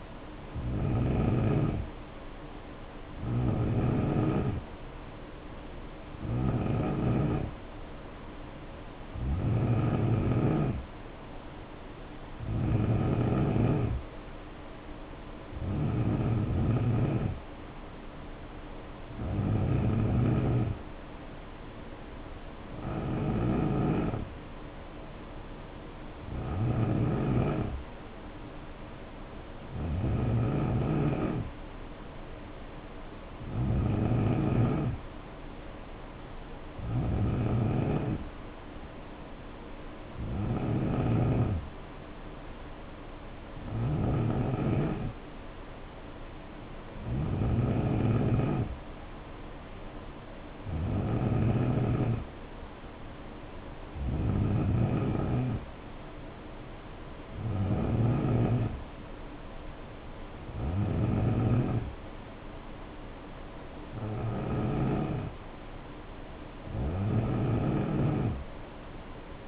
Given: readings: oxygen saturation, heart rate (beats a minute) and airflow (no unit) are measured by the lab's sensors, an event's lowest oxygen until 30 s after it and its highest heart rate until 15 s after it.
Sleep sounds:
breathing in sleep by a voice recorder at the bedside; none
none scored
From the record:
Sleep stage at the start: N3 (deep sleep); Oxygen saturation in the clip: 90 to 92%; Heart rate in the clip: 62 to 75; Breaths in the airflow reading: 21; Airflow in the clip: -5.8 to 3.0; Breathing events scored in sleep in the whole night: 520 in 7.2 hours asleep

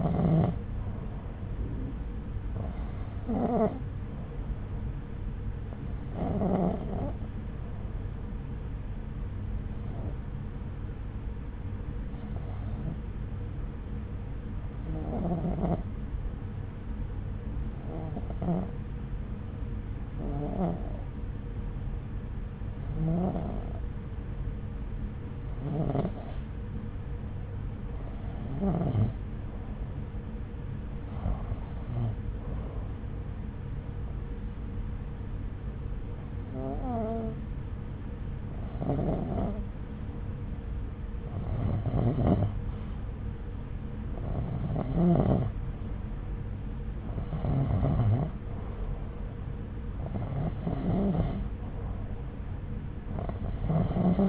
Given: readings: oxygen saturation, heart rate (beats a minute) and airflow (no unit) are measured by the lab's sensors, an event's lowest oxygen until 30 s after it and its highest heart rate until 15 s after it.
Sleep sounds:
breathing in sleep by a smartphone at the bedside; 1
6.00-42.70 s: hypopnea (REM, oxygen 91% highest, then 88% lowest)
From the record:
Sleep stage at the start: REM sleep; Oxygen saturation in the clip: 88 to 91%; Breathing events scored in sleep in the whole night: 303 in 8.1 hours asleep

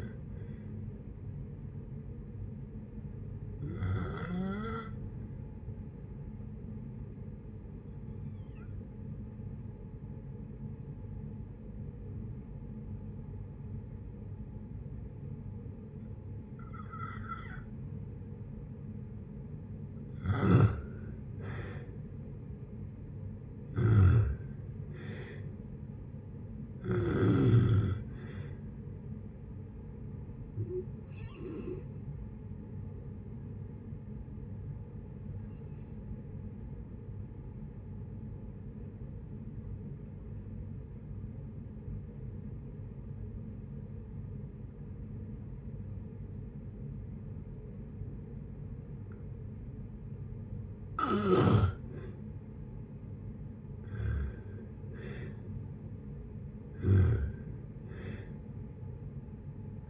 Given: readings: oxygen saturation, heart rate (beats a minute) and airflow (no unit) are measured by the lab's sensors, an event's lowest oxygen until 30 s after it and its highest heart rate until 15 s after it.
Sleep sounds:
breathing in sleep by a smartphone at the bedside; 2
8.00-20.70 s: obstructive apnea (N2, oxygen 96% highest, then 83% lowest, heart rate 59 at the start, 71 highest)
31.00-51.90 s: hypopnea (N2, oxygen 96% highest, then 83% lowest, heart rate 71 at the start, 72 highest)
43.00-59.90 s: new sleep stage, N1 (lightest sleep)
From the record:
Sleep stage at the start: N2 (light sleep); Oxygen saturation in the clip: 83 to 96%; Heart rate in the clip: 55 to 71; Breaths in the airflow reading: 9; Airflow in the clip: -6.5 to 7.3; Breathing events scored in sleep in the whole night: 496 in 5.4 hours asleep

